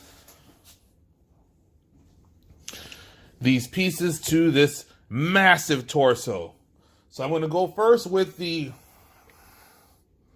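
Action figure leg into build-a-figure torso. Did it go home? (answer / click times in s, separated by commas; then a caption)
no / none. A plastic Marvel Legends Kingpin build-a-figure leg is handled next to the large torso, about to be pushed into its hip socket. Someone talks throughout, with a few faint plastic handling ticks around 2.4 to 2.9 seconds. Nothing has seated or clicked yet, and the leg is not yet home.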